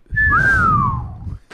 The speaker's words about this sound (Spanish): Este, con un silbido nunca se falla, ¿no?